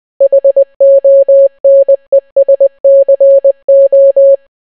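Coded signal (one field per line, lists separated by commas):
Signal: Morse code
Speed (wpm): 20 wpm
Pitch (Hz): 550 Hz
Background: none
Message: HONESCO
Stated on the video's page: Entire Bee Movie script translated into Morse code.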